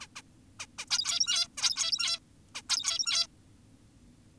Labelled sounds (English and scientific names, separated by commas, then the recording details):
Zebra Finch (Taeniopygia guttata)
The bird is an adult
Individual g17y2U